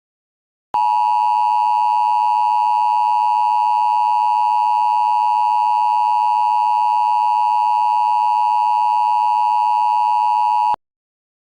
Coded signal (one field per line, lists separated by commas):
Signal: Emergency Alert System (SAME) tones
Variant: 853 and 960 Hz attention tone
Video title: HGX TOR EAS Mock Remake